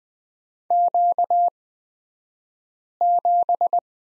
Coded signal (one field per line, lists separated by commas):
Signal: Morse code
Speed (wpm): 20 wpm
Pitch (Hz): 700 Hz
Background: none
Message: Q7